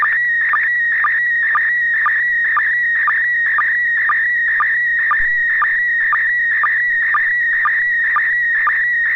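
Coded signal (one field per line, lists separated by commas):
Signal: SSTV (slow-scan television)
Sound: warbling whistle-like tone with a short low blip about twice per second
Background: low hum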